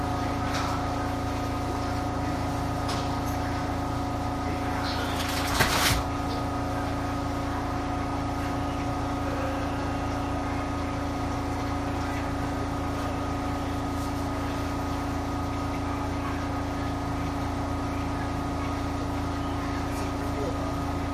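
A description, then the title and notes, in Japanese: A JR 221 series train on its run from Nara to JR Namba, with a steady, even rumble and several constant humming tones that hold unchanged throughout. A brief sharp clatter breaks through around the six-second mark, then the drone carries on. JR221系 奈良→JR難波。関西本線（大和路線）で録音をしました。車体は普通鋼製である。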